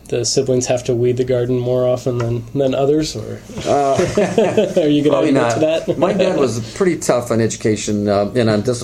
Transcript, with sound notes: siblings have to weed the garden more often than others? Are you going to admit to that? [laughs]
My dad was tough on education and discipline.